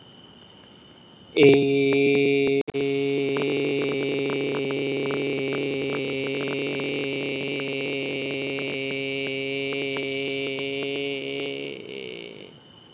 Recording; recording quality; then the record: sustained vowel as in made; excellent, no background noise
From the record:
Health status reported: healthy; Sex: male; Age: 41 years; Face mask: not worn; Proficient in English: yes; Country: India